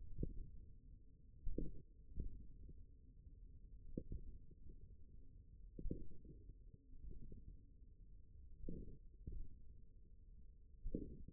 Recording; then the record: forearm muscle sounds (acoustic myography)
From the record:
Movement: finger pinch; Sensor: system 1, eight BSWA MPA416 microphones around the upper forearm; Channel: 7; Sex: male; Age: 41 years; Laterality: right